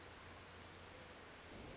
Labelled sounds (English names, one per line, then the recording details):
Orange-crowned Warbler
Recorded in Sonoma County, California